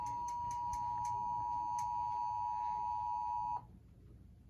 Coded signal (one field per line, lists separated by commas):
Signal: Emergency Alert System (SAME) tones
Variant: 853 and 960 Hz attention tone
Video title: EAS #132 Tornado Warning